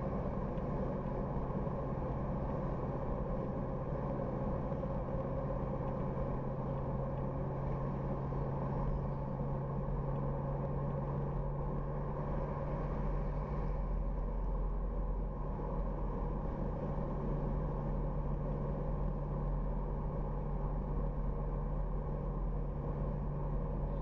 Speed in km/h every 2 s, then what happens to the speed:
82, 83, 83, 85, 86, 89, 90, 92, 93, 91, 91, 91.
0-15 speeds up to 93. 15-24 steady at about 91.